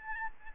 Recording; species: mosquito wingbeat signal from an infrared sensor; Aedes albopictus